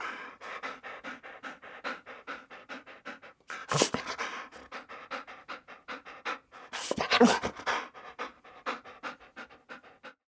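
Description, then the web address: Dog panting quickly and steadily, interrupted by a bark near four seconds and a harsher bark burst around seven seconds. "Blastwave ANIMALS Dog Pant Bark"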